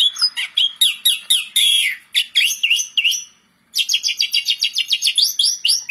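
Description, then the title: Asian pied starling song: quick chattering phrases of sharp, bright notes, a brief silence, then a fast string of repeated high chirps. Masteran training audio of Asian pied starling song, used to spur songbirds that sing little or seem listless into singing. "Masteran Jalak Suren"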